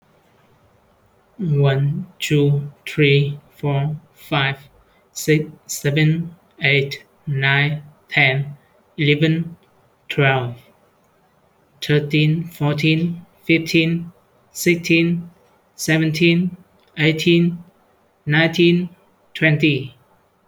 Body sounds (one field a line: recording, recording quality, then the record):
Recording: counting at a normal pace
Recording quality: excellent, no background noise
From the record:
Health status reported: healthy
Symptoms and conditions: hypertension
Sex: male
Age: 23 years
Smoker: no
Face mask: not worn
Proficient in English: no